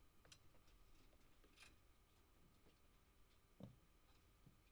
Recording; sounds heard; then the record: poultry house recording; no chicken sound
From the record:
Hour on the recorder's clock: 1